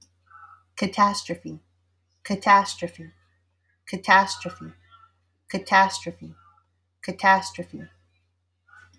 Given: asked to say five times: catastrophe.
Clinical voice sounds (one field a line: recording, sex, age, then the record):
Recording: repeated word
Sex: female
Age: 40 to 49 years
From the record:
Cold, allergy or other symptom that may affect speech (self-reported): no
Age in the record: 45 years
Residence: Virginia, United States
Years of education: 16